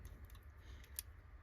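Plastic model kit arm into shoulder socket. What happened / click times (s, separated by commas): The plastic arm snapped into its socket / 1.0 s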